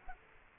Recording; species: mosquito wingbeat signal from an infrared sensor; Aedes aegypti